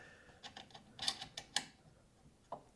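A magnetic distance sensor is attached to the side of the diode laser module on an xTool S1 20W laser engraver head. A few light clicks and taps lead up to a sharp, bright snap at 1.6 s as the sensor locks onto the module, followed by a softer tap near 2.5 s. The sensor is seated and locked into place.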